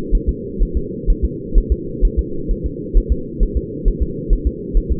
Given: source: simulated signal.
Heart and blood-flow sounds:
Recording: fetal heart sounds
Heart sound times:
0.15 s: S1
0.29 s: S2
0.63 s: S1
0.77 s: S2
1.10 s: S1
1.25 s: S2
1.58 s: S1
1.72 s: S2
2.05 s: S1
2.19 s: S2
2.51 s: S1
2.66 s: S2
2.97 s: S1
3.12 s: S2
3.43 s: S1
3.57 s: S2
3.88 s: S1
4.02 s: S2
4.33 s: S1
4.47 s: S2
4.77 s: S1
4.92 s: S2
From the record:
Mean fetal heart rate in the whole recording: 130 bpm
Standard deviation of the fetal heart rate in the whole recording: 4 bpm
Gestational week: 38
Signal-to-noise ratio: -4.3 dB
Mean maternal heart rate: 72 bpm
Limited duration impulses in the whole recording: absent

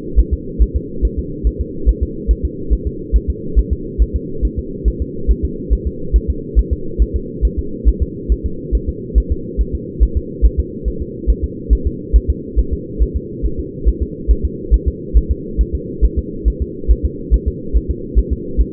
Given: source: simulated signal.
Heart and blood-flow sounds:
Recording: fetal heart sounds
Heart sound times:
0.19 s: S1
0.33 s: S2
0.62 s: S1
0.76 s: S2
1.05 s: S1
1.19 s: S2
1.47 s: S1
1.61 s: S2
1.89 s: S1
2.03 s: S2
2.31 s: S1
2.45 s: S2
2.73 s: S1
2.87 s: S2
3.16 s: S1
3.30 s: S2
3.59 s: S1
3.73 s: S2
4.02 s: S1
4.16 s: S2
4.45 s: S1
4.59 s: S2
4.88 s: S1
5.02 s: S2
5.31 s: S1
5.45 s: S2
5.73 s: S1
5.87 s: S2
6.16 s: S1
6.30 s: S2
6.59 s: S1
6.73 s: S2
7.02 s: S1
7.16 s: S2
7.45 s: S1
7.59 s: S2
7.88 s: S1
8.02 s: S2
8.32 s: S1
8.46 s: S2
8.75 s: S1
8.89 s: S2
9.18 s: S1
9.32 s: S2
9.61 s: S1
9.75 s: S2
10.03 s: S1
10.17 s: S2
10.46 s: S1
10.59 s: S2
10.88 s: S1
11.02 s: S2
11.30 s: S1
11.44 s: S2
11.73 s: S1
11.87 s: S2
12.16 s: S1
12.30 s: S2
12.59 s: S1
12.73 s: S2
13.03 s: S1
13.16 s: S2
13.46 s: S1
13.59 s: S2
13.88 s: S1
14.02 s: S2
14.31 s: S1
14.45 s: S2
14.74 s: S1
14.88 s: S2
15.17 s: S1
15.31 s: S2
15.61 s: S1
15.75 s: S2
16.05 s: S1
16.19 s: S2
16.48 s: S1
16.62 s: S2
16.91 s: S1
17.05 s: S2
17.34 s: S1
17.48 s: S2
17.77 s: S1
17.91 s: S2
18.19 s: S1
18.33 s: S2
18.61 s: S1
From the record:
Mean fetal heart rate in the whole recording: 140 bpm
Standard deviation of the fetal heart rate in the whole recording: 2 bpm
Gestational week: 34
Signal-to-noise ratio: -4.3 dB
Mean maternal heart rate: 72 bpm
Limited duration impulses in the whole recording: absent

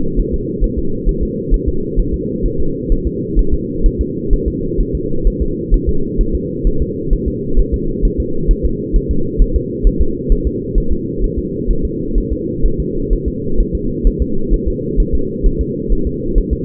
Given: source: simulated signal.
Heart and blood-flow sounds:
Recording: fetal heart sounds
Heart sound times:
0.20 s: S1
0.34 s: S2
0.64 s: S1
0.79 s: S2
1.09 s: S1
1.23 s: S2
1.54 s: S1
1.69 s: S2
1.99 s: S1
2.14 s: S2
2.46 s: S1
2.60 s: S2
2.92 s: S1
3.07 s: S2
3.39 s: S1
3.54 s: S2
3.86 s: S1
4.01 s: S2
4.33 s: S1
4.48 s: S2
4.80 s: S1
4.95 s: S2
5.27 s: S1
5.42 s: S2
5.74 s: S1
5.89 s: S2
6.21 s: S1
6.35 s: S2
6.67 s: S1
6.82 s: S2
7.13 s: S1
7.28 s: S2
7.59 s: S1
7.74 s: S2
8.05 s: S1
8.20 s: S2
8.51 s: S1
8.66 s: S2
8.96 s: S1
9.11 s: S2
9.42 s: S1
9.56 s: S2
9.87 s: S1
10.02 s: S2
10.32 s: S1
10.47 s: S2
10.78 s: S1
10.92 s: S2
11.24 s: S1
11.39 s: S2
11.71 s: S1
11.85 s: S2
12.18 s: S1
12.33 s: S2
12.66 s: S1
12.80 s: S2
13.13 s: S1
13.28 s: S2
13.60 s: S1
13.75 s: S2
14.07 s: S1
14.22 s: S2
14.54 s: S1
14.68 s: S2
15.00 s: S1
15.15 s: S2
15.46 s: S1
15.61 s: S2
15.93 s: S1
16.07 s: S2
16.38 s: S1
16.53 s: S2
From the record:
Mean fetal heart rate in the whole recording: 130 bpm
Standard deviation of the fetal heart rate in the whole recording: 4 bpm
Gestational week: 38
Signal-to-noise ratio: -8.1 dB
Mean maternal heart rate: 72 bpm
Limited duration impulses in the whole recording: absent

